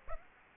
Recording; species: mosquito wingbeat signal from an infrared sensor; Aedes aegypti